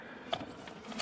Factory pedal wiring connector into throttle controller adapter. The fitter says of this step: push down until it clicks into place and you're complete just